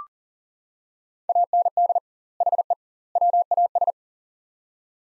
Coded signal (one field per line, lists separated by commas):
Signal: Morse code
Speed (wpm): 40 wpm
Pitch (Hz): 700 Hz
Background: none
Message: AND HE WAS